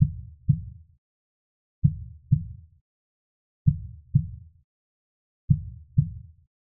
Medical Heart Beat Slow.